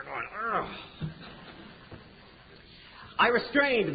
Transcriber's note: laughter